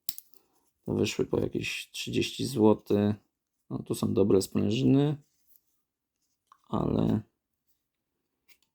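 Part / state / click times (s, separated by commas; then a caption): folding knife blade into its handle spring / partly seated / 8.6 s. An old, damaged folding pocket knife blade is worked against its back spring in the handle while someone talks. Only a faint single hit is heard at 8.6 s as the blade snaps in weakly. It latches so poorly that something may be broken, and it does not work.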